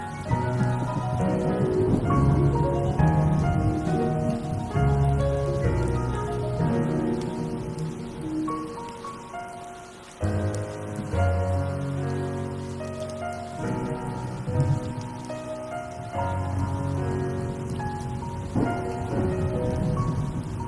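Music with rain: a track of low bass notes and layered sustained tones, with melodic lines moving across the middle range. Steady soft rain hiss runs underneath throughout. Around ten seconds the music briefly thins, then resumes, a bit quieter afterward.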